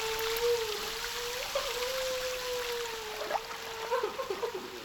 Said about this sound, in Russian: Рукомойники в уборной для девочек расположены кругом в центре помещения. Все краны открыты. Из переполненных раковин на пол льется вода.